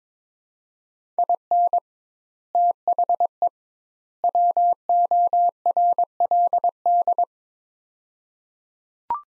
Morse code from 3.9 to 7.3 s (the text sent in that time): WORLD